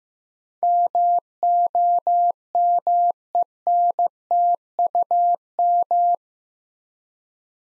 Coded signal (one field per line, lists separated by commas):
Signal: Morse code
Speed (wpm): 15 wpm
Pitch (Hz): 700 Hz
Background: none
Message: MOMENTUM